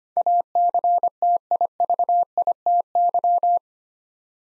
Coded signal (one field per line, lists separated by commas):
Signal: Morse code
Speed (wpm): 25 wpm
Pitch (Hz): 700 Hz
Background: none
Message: ACTIVITY